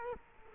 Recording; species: mosquito wingbeat signal from an infrared sensor; Culex quinquefasciatus